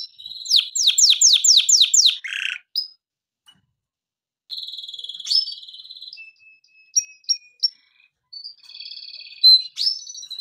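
Canary song, a series of sharp descending notes, then a rolling trill, a thin whistle, short chirps and a final buzzy phrase.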